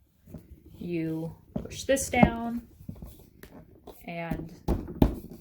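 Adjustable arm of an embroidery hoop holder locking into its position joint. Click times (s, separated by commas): 5.0 s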